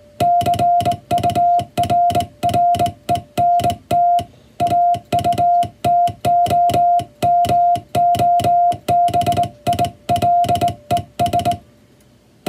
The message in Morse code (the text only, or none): CURRENT AUTOMOBILES